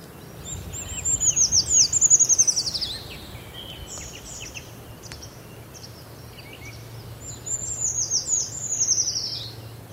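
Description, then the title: Eurasian treecreeper singing high, sibilant descending phrases, one near the start and another after a gap, with faint thin calls between and a low background hum. "Viikon luontoääni: Puukiipijä"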